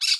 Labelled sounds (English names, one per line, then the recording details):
Brown-throated Parakeet contact call
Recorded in Curacao
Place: Hoffi Jan Thiel
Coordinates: 12.094, -68.877